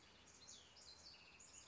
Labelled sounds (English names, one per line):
House Wren